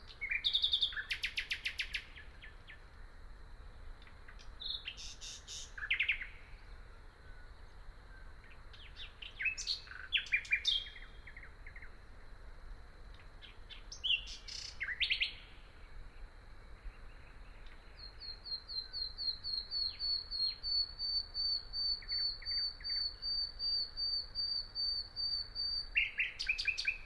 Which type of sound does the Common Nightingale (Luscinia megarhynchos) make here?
song